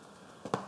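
A plastic JJC lens hood is pushed onto the hood adapter ring on a Canon RF 35mm 1.8 lens. After quiet, a softer bump at 0.5 s is followed almost at once by a sharp, short snap at 0.5 s as the hood clicks into place and seats.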